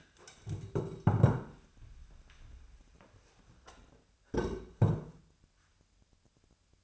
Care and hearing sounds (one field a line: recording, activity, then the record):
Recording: daily activity, microphone in the room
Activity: stand up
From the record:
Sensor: 2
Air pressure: 1015.1 hPa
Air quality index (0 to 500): 133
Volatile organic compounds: 5 ppm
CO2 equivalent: 1714 ppm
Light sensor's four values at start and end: 12/34/13/15 and 12/33/13/14